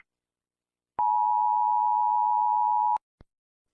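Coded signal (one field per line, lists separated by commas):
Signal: Emergency Alert System (SAME) tones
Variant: 853 and 960 Hz attention tone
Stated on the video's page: Fictional EAS scenario, simulated alert.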